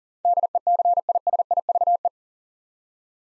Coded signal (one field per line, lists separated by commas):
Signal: Morse code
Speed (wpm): 43 wpm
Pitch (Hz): 700 Hz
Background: none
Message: DECISIVE